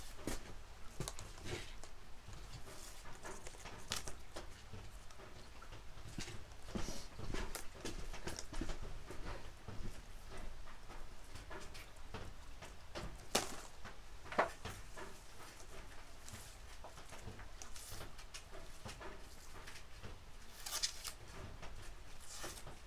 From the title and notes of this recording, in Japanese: 出荷日の昼下がり。収穫してきたネギの調整作業中(皮むき、葉落とし、軽量、束にする)。